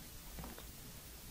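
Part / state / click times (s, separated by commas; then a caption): rubber lid into rock tumbler barrel / not seated / none. A rubber lid is pushed into a rock tumbler barrel holding media and jewelry. Only soft handling and rubbing sounds are heard, with a faint scuffing burst around 0.4 to 0.6 seconds over a low, steady background. Nothing has seated or clicked yet.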